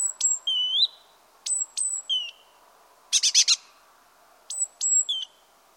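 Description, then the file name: Great tit giving thin high piercing notes that drop into lower tones, with one short dry rattle in the middle. "Parus major"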